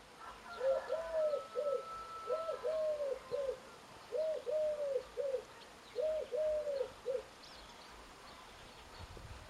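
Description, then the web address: Bird cooing in soft three-note phrases, repeated four times over steady background hiss. "Deverinetal 2025 File origin Bird Only"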